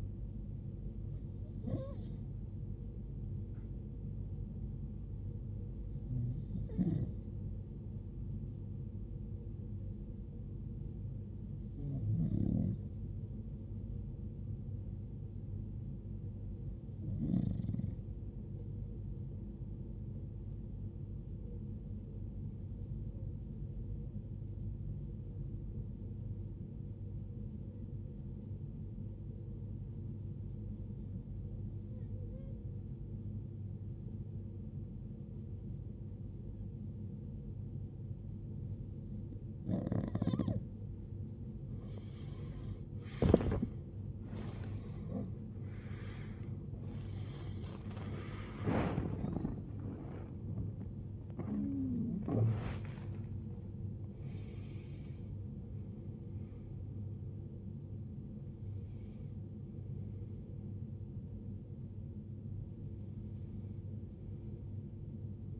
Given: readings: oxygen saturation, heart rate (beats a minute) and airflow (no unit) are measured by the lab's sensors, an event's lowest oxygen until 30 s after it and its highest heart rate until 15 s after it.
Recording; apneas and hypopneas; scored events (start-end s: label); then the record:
breathing in sleep by a smartphone at the bedside; 1
17.00-45.30 s: hypopnea (REM, oxygen 96% highest, then 93% lowest, heart rate 73 at the start, 92 highest)
39.00-65.60 s: new sleep stage, awake
41.00-65.60 s: awake
From the record:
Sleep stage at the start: REM sleep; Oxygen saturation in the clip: 93 to 96%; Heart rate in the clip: 56 to 92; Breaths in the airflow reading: 15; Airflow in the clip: -20.3 to 20.6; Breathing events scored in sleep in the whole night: 389 in 6.3 hours asleep